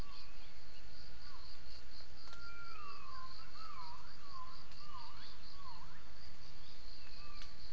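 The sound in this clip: Gibbon calls: a run of swooping, falling and rising whooping notes, with a continuous high insect chorus throughout.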